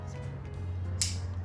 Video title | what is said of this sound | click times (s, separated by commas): How I Made My First Damascus Slipjoint Folder | Snaps into place. It's nice and secure at the top. | 1.0 s